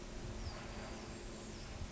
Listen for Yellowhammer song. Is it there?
no